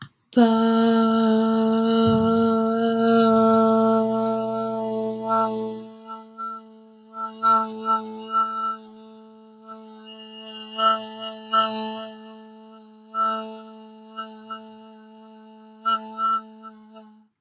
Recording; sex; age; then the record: vowel held as long as possible; female; 20 to 29 years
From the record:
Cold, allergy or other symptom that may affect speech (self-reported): no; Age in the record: 22 years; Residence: Washington, United States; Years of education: 16